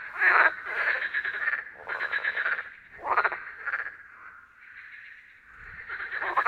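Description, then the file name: Frog croaks in rough, pulsed bursts, several overlapping notes with short quiet gaps between groups. "Frogzma"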